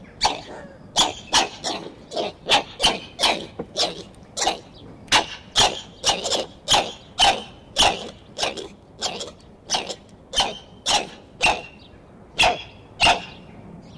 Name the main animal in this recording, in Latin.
Ateles geoffroyi